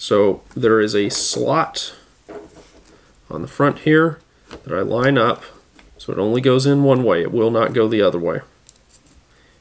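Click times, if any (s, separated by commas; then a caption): 8.7 s. A charger plug is lined up with the keyed slot on the front of the charging socket of a rubber-band-class electric model airplane, so it only fits one way, and is gently pressed in while someone talks. A sharp, short click is heard at 8.7 s as the plug locks into the socket.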